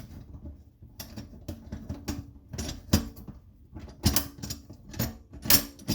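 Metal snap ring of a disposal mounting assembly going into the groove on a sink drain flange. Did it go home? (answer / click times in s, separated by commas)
yes / 5.5 s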